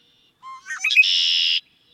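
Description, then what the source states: Red-winged Blackbird song: a soft low whistled note, a few quick stuttering notes, then a harsh buzzy trill held for about half a second. Song described as very complicated, with high pitches and low notes that smooths out then kicks up again.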